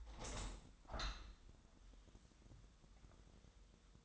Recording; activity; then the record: daily activity, microphone in the room; open window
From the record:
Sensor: 3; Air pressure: 1006.3 hPa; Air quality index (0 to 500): 184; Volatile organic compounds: 12 ppm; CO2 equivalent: 2336 ppm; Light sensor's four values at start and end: 9/22/9/9 and 10/24/10/10